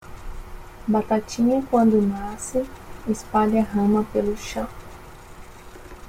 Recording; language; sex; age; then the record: short text; Brazilian Portuguese; female; 30 to 39 years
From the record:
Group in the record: control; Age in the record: 31 years